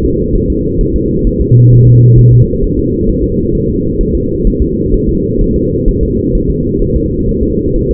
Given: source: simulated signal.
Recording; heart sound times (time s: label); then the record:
fetal heart sounds
0.05 s: S2
0.35 s: S1
0.50 s: S2
0.81 s: S1
0.96 s: S2
1.27 s: S1
1.41 s: S2
1.73 s: S1
1.87 s: S2
2.19 s: S1
2.33 s: S2
2.64 s: S1
2.79 s: S2
3.10 s: S1
3.24 s: S2
3.55 s: S1
3.70 s: S2
4.01 s: S1
4.15 s: S2
4.47 s: S1
4.62 s: S2
4.94 s: S1
5.09 s: S2
5.41 s: S1
5.56 s: S2
5.89 s: S1
6.03 s: S2
6.35 s: S1
6.50 s: S2
6.82 s: S1
6.96 s: S2
7.29 s: S1
7.43 s: S2
7.76 s: S1
7.91 s: S2
From the record:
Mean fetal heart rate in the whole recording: 130 bpm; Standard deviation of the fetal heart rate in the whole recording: 4 bpm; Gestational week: 38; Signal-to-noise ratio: -10.2 dB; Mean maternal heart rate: 72 bpm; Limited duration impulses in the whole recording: present